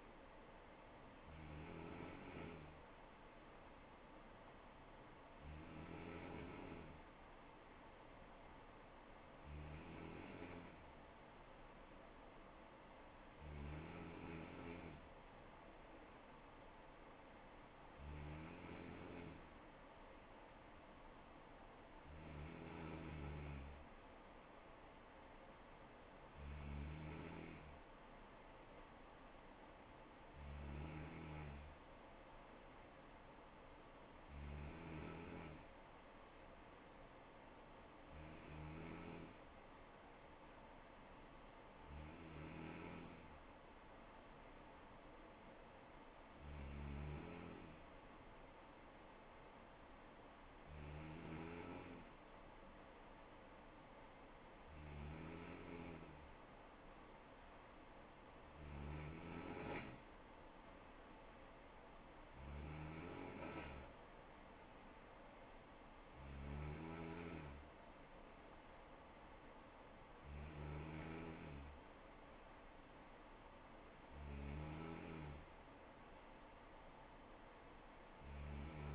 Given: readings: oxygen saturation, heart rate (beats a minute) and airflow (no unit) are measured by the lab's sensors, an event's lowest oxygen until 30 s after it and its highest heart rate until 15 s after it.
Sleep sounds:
breathing in sleep by a voice recorder at the bedside; none
none scored
From the record:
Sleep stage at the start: N3 (deep sleep); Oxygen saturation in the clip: 94 to 95%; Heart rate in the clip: 63 to 72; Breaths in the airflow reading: 20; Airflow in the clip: -3.4 to 2.9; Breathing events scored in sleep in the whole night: 79 in 6.3 hours asleep

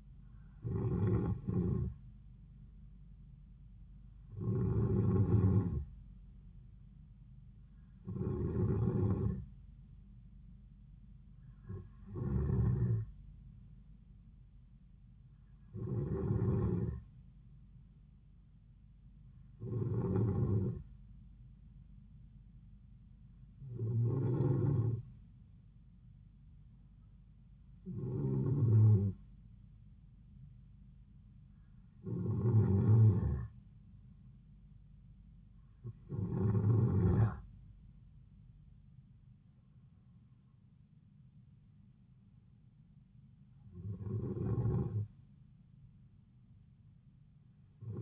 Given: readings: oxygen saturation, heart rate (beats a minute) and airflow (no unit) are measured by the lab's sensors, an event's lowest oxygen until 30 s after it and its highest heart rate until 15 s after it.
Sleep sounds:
breathing in sleep by a smartphone at the bedside; none
none scored
From the record:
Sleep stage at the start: N2 (light sleep); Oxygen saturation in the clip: 92 to 94%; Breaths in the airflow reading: 12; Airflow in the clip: -4.8 to 6.4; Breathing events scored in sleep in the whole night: 270 in 6.1 hours asleep

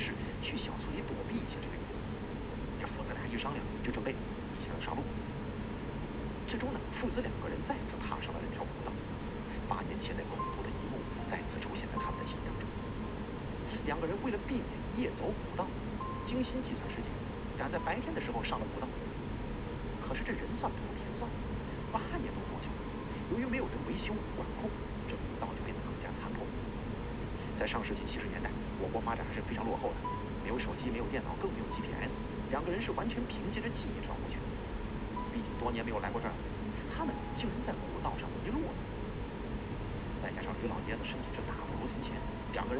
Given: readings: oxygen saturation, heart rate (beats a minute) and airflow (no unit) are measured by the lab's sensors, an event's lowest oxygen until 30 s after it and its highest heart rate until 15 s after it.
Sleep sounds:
a person awake in a sleep study, by a voice recorder at the bedside; none
0.00-42.80 s: awake
From the record:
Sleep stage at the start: awake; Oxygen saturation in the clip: 93 to 94%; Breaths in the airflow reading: 14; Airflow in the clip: -1.3 to 2.2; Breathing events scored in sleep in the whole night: 335 in 6.7 hours asleep

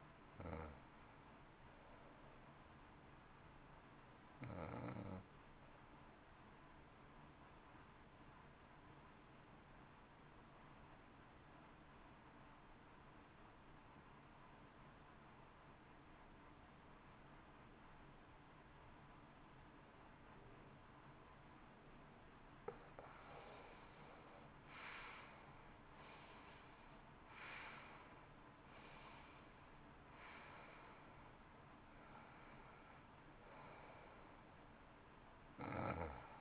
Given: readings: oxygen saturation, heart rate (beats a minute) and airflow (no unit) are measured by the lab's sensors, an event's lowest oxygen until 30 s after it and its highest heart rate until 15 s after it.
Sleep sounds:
breathing in sleep by a voice recorder at the bedside; 1
10.00-22.50 s: obstructive apnea (N2, oxygen 94% highest, then 77% lowest, heart rate 53 at the start, 66 highest)
19.00-36.41 s: new sleep stage, N1 (lightest sleep)
From the record:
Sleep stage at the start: N2 (light sleep); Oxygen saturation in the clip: 81 to 94%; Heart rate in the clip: 53 to 66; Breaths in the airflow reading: 7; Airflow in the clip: -17.2 to 14.6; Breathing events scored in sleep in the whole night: 328 in 6.3 hours asleep

